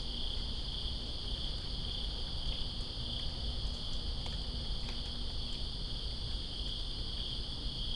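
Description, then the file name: Crickets chirping as a dense, level high-pitched drone throughout, with rain pattering beneath and a few brief splash ticks. Crickets in Greensboro on September 2, 2017, during rain. "Greensboro Crickets And Rain September 02 2017"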